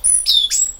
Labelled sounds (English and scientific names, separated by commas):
Stitchbird (Notiomystis cincta) song